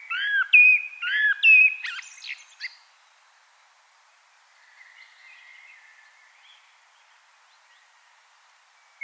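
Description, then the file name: Common blackbird singing a short fluty phrase with sharp high twitters, followed by faint warbling and quiet. "Turdus merula"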